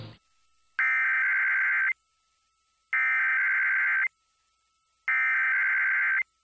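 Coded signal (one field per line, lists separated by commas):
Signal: Emergency Alert System (SAME) tones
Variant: header bursts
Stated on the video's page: Real required weekly tests from two stations.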